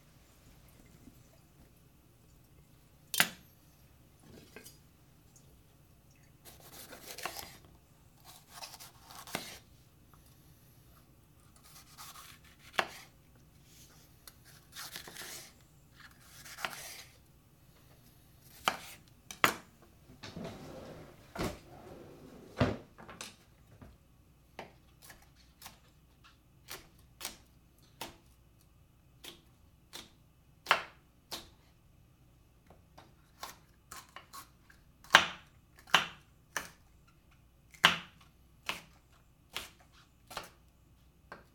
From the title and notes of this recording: Cooking Pasta. It consisted of prepackaged ravioli, asparagus, red pepper, garlic, olive oil, salt and pepper. It is a stereo recording. Cooking a quick meal.